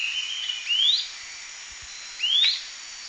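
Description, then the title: Long-tailed tyrant calling with thin whistles that hold level, then sweep upward, two notes about a second and a half apart, with a constant high background hiss. "LuckyPassaro Completos2Sama. Long-tailed Tyrant (Colonia colonus)"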